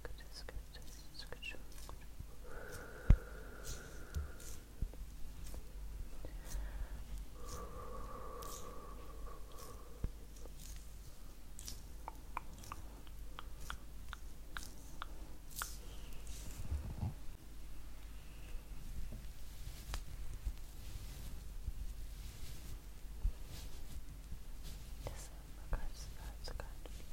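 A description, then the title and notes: Soft face-massage triggers make frequent crisp taps and rubbing clicks over a low steady hum, with faint tones around 3 and 8 seconds. Face massage (skincare, personal attention).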